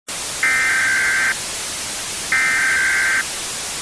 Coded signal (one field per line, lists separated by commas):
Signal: Emergency Alert System (SAME) tones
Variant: header bursts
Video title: Repost-Test EAS ALARM